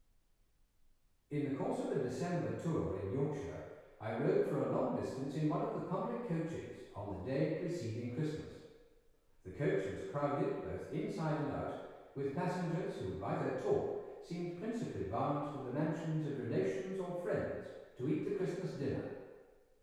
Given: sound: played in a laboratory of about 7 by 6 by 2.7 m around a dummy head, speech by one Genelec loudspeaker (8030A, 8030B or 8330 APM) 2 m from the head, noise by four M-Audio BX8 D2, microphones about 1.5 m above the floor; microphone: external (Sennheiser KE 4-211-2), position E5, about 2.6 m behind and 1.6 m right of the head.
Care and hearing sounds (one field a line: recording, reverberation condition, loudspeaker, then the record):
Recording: male speech in English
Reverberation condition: high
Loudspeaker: 150 degrees to the left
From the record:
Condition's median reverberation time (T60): about 1300 ms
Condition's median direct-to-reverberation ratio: about -4.0 dB